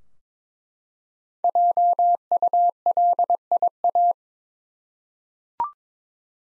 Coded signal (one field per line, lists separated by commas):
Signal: Morse code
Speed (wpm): 22 wpm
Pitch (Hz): 700 Hz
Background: none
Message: JULIA